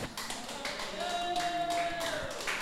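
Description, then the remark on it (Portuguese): A church audience claps steadily for a couple of seconds to welcome a pastor, a dense, even patter of many hands, with a faint sustained tone held underneath partway through. “Receba o homem de Deus com palmas para Jesus.”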